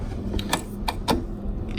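A replacement water and ice filter cartridge for a KitchenAid refrigerator is pushed into its slot in the refrigerator's bottom grille filter housing. A few short plastic taps come at 0.4 and 0.5 seconds, then a sharp click at 0.9 seconds as the cartridge locks into place. The filter is seated.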